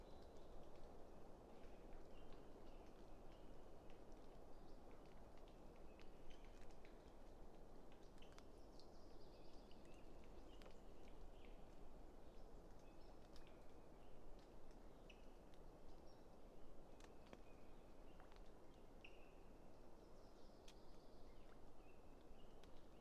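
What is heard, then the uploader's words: Late spring afternoon among quaking aspen under tall ponderosa pines beside a meadow, with a steady low rustle of wind in the leaves throughout. Scattered bird calls and brief chirps come through now and then, thin and bright above the constant hush. A late spring afternoon in a small stand of Quaking Aspen growing beneath tall Ponderosa Pines beside a seasonally flooded meadow located east of Bear Mountain in Shasta-Trinity National Forest, Siskiyou County, California. A microphone is placed on either side of the trunk of a tree, in this case a Quaking Aspen.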